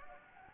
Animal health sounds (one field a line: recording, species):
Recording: mosquito wingbeat signal from an infrared sensor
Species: Anopheles gambiae